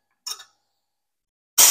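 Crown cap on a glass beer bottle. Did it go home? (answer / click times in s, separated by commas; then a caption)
no / none. A metal crown cap is handled on a glass beer bottle with a capper, giving a short, faint clink or creak at about 0.3 s, then silence, then a loud, bright rushing burst from about 1.6 s to the end. Nothing has seated or clicked yet.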